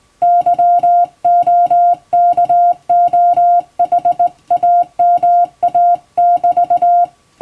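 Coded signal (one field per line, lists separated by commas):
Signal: Morse code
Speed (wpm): 19 wpm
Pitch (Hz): 700 Hz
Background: music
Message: YOKOHAMA<BT>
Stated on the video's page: Hand-sent Morse from an English-language telegram practice book, by a former first-class radiotelegraph operator, for practice.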